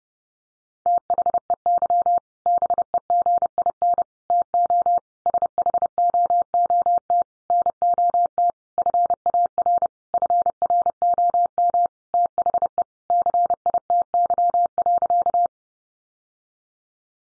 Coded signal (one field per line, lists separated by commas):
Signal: Morse code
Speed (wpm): 30 wpm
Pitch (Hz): 700 Hz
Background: none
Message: THEY BEGIN TO SHOOT NOT FAR FROM THE CITY.